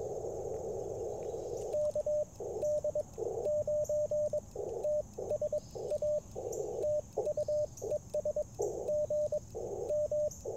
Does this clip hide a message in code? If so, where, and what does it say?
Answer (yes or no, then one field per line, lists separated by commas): yes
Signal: Morse code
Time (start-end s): 1.7-10.3 s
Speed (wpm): 22 wpm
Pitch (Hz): 600 Hz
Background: radio noise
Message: KD9TSA TU ES GM